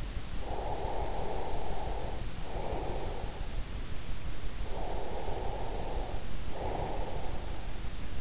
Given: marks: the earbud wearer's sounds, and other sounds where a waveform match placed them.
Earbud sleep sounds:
sounds in sleep by an in-ear microphone; breath
0.21-3.98 s: breath
4.27-8.21 s: breath

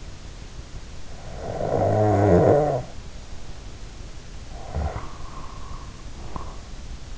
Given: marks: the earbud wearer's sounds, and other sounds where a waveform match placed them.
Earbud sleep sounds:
sounds in sleep by an in-ear microphone; snoring breath
0.82-7.18 s: snoring breath

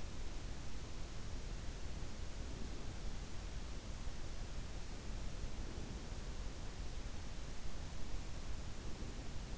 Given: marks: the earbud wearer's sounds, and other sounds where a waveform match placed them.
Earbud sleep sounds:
sounds in sleep by an in-ear microphone; breath
2.25-3.22 s: breath
5.25-6.31 s: breath
8.57-9.58 s: breath

